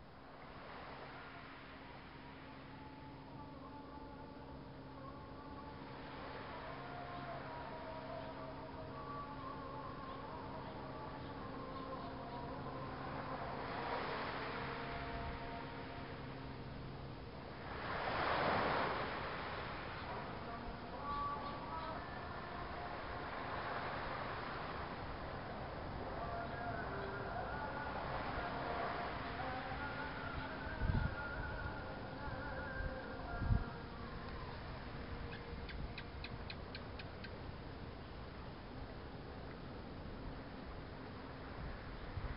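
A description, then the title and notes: A soft call to prayer drifts over low, steady rolling surf, with swells building around eighteen seconds and brief knocks near thirty-one seconds. The Muslim evening call to prayer floats softly over the sounds of the slowly rolling surf on the north side of the island of Nusa Penida, just southeast of the island of Bali, Indonesia. Floating prayer and surf.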